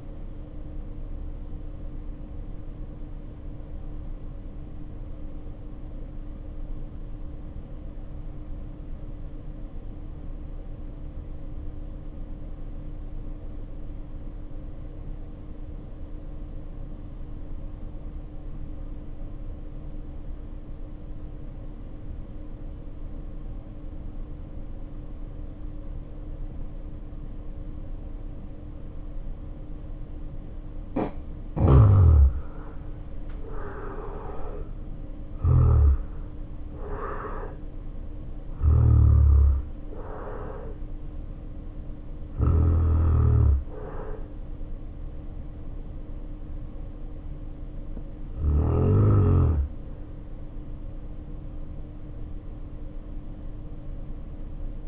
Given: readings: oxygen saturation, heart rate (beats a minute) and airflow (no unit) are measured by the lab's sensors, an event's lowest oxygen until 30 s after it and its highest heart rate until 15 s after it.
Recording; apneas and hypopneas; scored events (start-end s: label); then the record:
breathing in sleep by a smartphone at the bedside; 1
6.00-32.50 s: obstructive apnea (N2, oxygen 92% highest, then 74% lowest, heart rate 52 at the start, 75 highest)
6.00-54.88 s: new sleep stage, N2 (light sleep)
From the record:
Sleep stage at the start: N1 (lightest sleep); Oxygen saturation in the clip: 75 to 92%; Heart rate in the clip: 49 to 75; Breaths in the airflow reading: 7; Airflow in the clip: -1.5 to 2.2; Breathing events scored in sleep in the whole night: 520 in 7.2 hours asleep